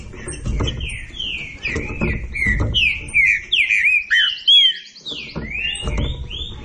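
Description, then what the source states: Green-winged saltator song of warbled sliding whistles, a fast cluster of loud notes midway, then softer phrases, with low thumps in the background. Classic song style (canto clássico).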